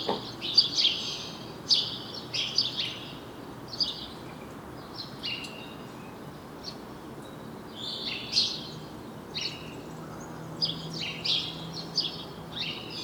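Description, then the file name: House sparrow chirps, irregular single and paired notes, with a continuous low background hiss. "Passer domesticus"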